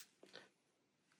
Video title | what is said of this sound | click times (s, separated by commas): "DJI Mic 2 – The Best Wireless Mic for Creators? (Unboxing & Test)" | as you can hear the clicking noise. So this is attached to that one and it | 0.4 s